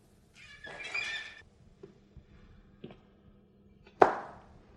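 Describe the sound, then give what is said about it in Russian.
In a radio play, the handle of the door to Khlestakov's room turns with a high, squeaky creak, followed by a few soft metallic clicks and then one sharp, loud clack of the latch that rings out briefly. No one speaks. “У дверей вертится ручка, Хлестаков бледнеет и съеживается.”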